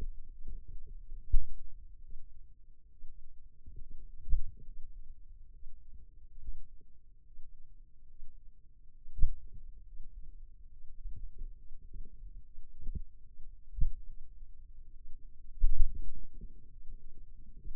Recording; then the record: forearm muscle sounds (acoustic myography)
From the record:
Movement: finger pinch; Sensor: system 2, bracelet of six BSWA MPA416 microphones around the upper forearm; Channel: 5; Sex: male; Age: 22 years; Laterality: right